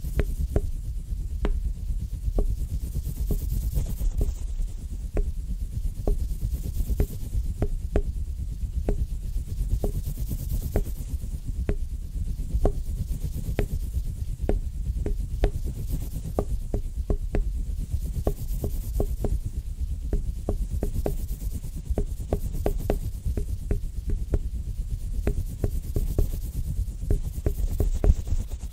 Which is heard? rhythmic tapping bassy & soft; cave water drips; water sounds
rhythmic tapping bassy & soft